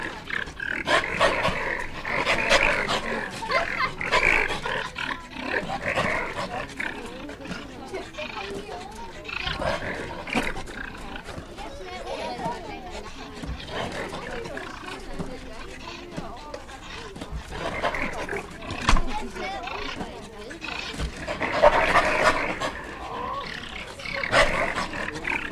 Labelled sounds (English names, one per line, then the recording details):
Wolverine call
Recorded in captivity
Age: adult
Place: Zoo Berlin, Berlin, DE
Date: 1959-09-10 16:00
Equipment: Reporter (Vollspur)
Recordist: TSA